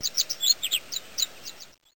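Bird calls: a rapid series of high, sharp chirps over a steady background hiss, cutting off abruptly near the end.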